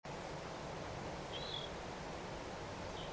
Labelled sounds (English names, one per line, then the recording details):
Water Rail
Common Nightingale
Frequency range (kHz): Water Rail 2.9-4.5 kHz; Common Nightingale 2.5-4.1 kHz
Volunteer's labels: chant Luscinia megarhynchos
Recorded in France